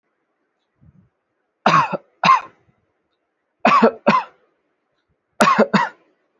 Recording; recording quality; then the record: shallow voluntary cough; excellent, no background noise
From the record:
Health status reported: respiratory illness, not identified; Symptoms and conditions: asthma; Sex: male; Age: 23 years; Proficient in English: yes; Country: India